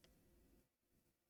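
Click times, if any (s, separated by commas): none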